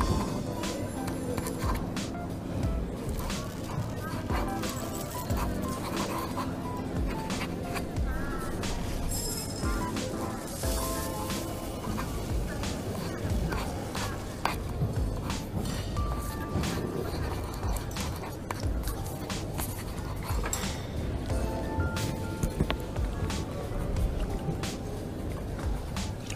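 Coffee shop ambience with a steady, dense murmur of overlapping voices, scattered clinks and clatter, and a low rumble underneath throughout.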